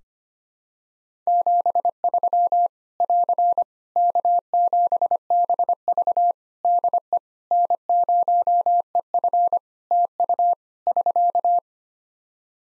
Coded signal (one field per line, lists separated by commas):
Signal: Morse code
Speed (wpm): 25 wpm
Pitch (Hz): 700 Hz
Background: none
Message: 73 <AR> K7BV DE N0EF TU <SK>